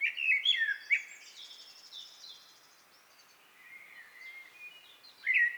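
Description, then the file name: Common blackbird with loud fluty warbles at the start, softer thin whistles through the middle, and a strong whistled phrase returning at the end. "Turdus merula"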